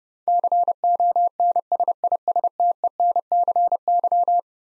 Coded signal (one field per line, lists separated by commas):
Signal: Morse code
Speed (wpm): 32 wpm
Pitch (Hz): 700 Hz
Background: none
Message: CONSISTENCY